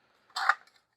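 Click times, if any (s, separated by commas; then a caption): none. Someone pushes the plastic back piece of an accessory toy chair into its seat, producing a faint tick at 0.3 s and then a creaking, scraping plastic burst from about 0.4 s that peaks sharply at 0.5 s. A few small ticks follow up to 0.8 s. The back piece fails to snap in, and nothing has seated or clicked yet.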